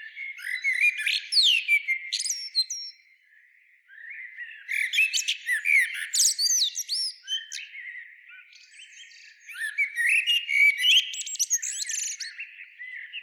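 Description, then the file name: Common blackbird song in three rich, rapid phrases of warbling and squeaky twitters, separated by short pauses. "Turdus merula"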